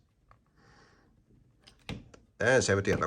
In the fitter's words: and click them into place